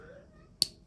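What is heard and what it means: A small plastic gun pouch (holster) is snapped onto a Mezco One:12 Collective Doctor Doom 1:12 action figure. After quiet low background noise, a single sharp, bright snap rings out at 0.6 s and fades quickly. The pouch is seated on the figure.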